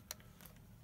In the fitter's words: и проворачиваем против часовой стрелке до щелчка